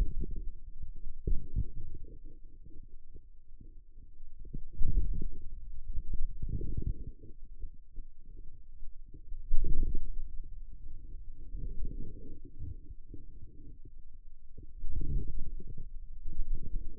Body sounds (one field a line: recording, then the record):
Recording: forearm muscle sounds (acoustic myography)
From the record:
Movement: wrist flexion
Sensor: system 2, bracelet of six BSWA MPA416 microphones around the upper forearm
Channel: 6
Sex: male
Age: 22 years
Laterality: right